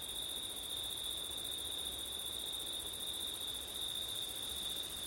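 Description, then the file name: Crickets trilling without pause in an even, high ringing chorus, backed by a constant hiss of wind. Crickets on a September night, with wind; ortif recording. "crickets wind september night ortif"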